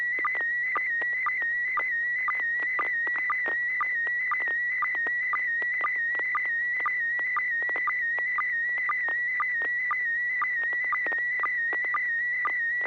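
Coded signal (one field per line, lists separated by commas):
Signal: SSTV (slow-scan television)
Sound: warbling steady tone near 2 kHz with regular short low blips, image being sent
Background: FM repeater hum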